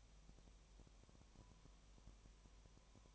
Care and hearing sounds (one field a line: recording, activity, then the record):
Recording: daily activity, microphone in the room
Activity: no activity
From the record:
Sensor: 1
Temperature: 19.7 degrees Celsius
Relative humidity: 37.0%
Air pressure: 1007.2 hPa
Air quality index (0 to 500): 144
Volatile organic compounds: 5 ppm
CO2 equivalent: 1761 ppm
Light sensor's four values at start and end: 1/2/1/1 and 1/2/1/1